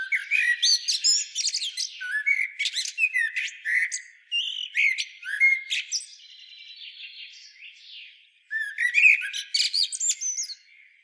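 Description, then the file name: Common blackbird delivering long runs of rapid, scratchy chattering and high twitters, with a softer buzzy interlude before a final loud burst. "Turdus merula"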